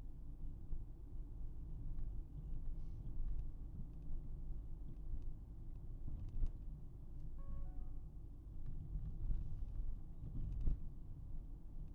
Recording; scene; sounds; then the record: everyday scene through a hearing-aid microphone; in a vehicle; engine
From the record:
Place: Berlingo II, diesel engine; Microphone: behind the ear, right, rear